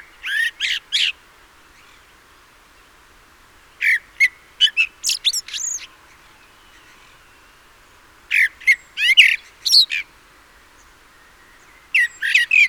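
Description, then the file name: Common blackbird giving four groups of short notes roughly every four seconds, with quiet gaps between. "Turdus merula"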